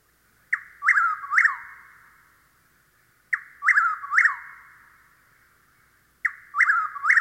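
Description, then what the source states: Chuck-will's-widow song, a three-part whistled phrase with a short first note and two loud slurred notes, repeated about every three seconds against a silent background. Nighttime song; sandy pine woods of the southeast; song easily confused with the whip-poor-will's.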